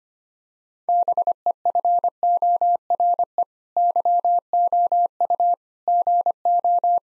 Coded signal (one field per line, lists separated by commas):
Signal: Morse code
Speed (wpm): 25 wpm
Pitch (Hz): 700 Hz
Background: none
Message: BEFORE YOU GO